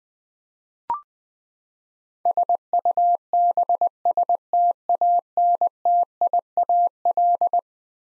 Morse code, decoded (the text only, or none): SUBSTANTIAL